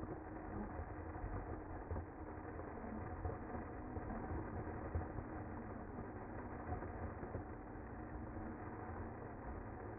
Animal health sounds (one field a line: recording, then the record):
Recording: honeybee colony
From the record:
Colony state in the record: active